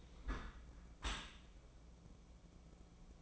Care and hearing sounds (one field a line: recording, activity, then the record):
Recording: daily activity, microphone in the room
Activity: close dishwasher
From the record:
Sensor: 1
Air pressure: 1012.4 hPa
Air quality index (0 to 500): 171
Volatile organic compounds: 3 ppm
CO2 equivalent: 1398 ppm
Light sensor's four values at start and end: 349/789/352/386 and 352/798/356/391